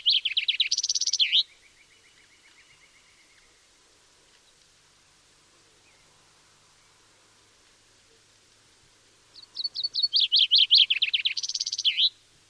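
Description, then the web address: Common chaffinch: the end of one song closing in a flourish, trailed by a faint lower trill, then after a long pause a full song of quickening, tumbling notes ending in a flourish. "Deverinetal"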